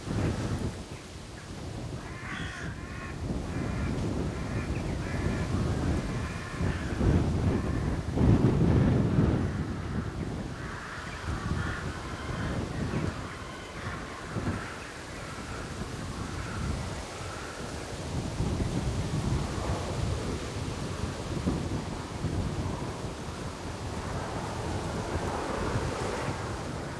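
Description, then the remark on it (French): Strong wind roars and buffets continuously in low, rumbling gusts around the windmill of Mouilleron, with faint higher whistling or creaking tones rising briefly through the noise. No one speaks. “Et si vous allez par ce temps-ci au moulin de Mouilleron, eh bien vous sentirez le vent souffler.”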